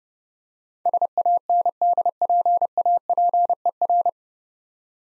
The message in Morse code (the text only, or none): SANDPAPER